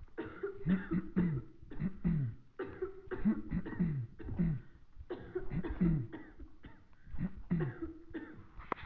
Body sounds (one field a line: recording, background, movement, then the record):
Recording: throat clearing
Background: a bystander coughing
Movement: sitting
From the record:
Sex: male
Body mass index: 20.5 kg/m2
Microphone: on the chest, facing the body